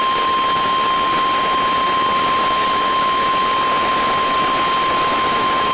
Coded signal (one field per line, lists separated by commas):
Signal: Emergency Alert System (SAME) tones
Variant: 1050 Hz attention tone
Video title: NWR & WDFA Tests (EAS #1187-#1188)